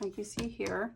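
A cardstock design mat is being handled at the first level of a plastic snap frame, a snug fit that needs a little extra push. Only someone talking is heard over the short clip. Nothing has seated or clicked yet.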